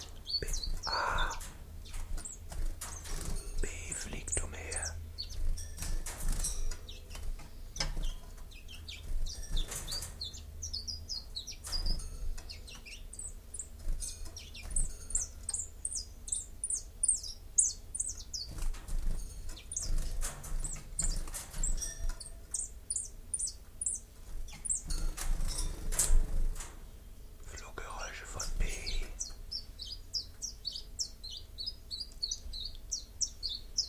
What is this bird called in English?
Common Chiffchaff